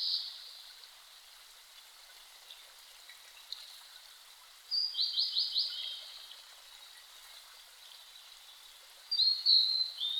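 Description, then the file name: Blue-and-white flycatcher song: the tail of a phrase at the start, then a phrase of rapid repeated whistled notes, and a third whistled phrase beginning near the end, over constant hiss. Recorded 5 May 2008 at 07:51. "ooruri 20080505-0751"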